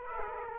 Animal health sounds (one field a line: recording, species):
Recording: mosquito wingbeat signal from an infrared sensor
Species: Aedes aegypti